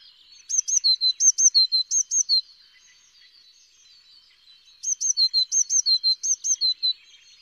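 Eurasian blue tit singing two bursts of high, thin notes, each phrase stepping down in pitch and repeated quickly several times per burst, with a quiet pause between bursts.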